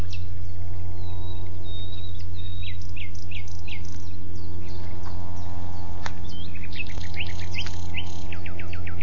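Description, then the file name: Common nightingale singing varied phrases of sharp notes and short whistles, with a constant low hum underneath. "Luscinia megarhynchos"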